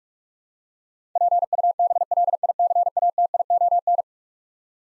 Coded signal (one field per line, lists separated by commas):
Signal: Morse code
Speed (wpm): 46 wpm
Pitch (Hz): 700 Hz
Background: none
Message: PUBLICATION